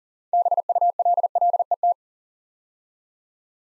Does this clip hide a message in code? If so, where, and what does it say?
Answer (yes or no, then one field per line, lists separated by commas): yes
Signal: Morse code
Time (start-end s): 0.3-1.9 s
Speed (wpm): 42 wpm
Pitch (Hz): 700 Hz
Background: none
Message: BULLET